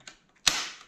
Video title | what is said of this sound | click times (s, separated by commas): How to use the Optrel e3000X PAPR (powered air-purifying respirator) | unit, wait until you hear a clicking sound. | 0.5 s